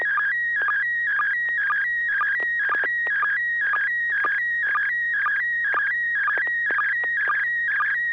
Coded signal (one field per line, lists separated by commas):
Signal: SSTV (slow-scan television)